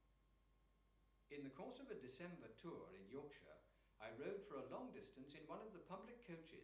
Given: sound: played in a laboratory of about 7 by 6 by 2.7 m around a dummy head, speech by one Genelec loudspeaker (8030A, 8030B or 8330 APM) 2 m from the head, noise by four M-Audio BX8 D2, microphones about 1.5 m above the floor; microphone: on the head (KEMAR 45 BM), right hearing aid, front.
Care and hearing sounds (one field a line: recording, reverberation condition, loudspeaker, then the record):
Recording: male speech in English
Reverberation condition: medium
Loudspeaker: 60 degrees to the right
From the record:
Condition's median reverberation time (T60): about 510 ms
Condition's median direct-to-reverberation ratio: about -0.5 dB